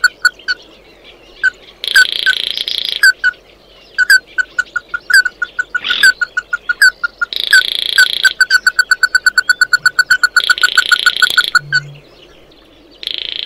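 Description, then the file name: Bird calls: series of short ringing pips and a long rapid chatter, with intermittent harsh buzzing bursts. "Tieng chim mat do"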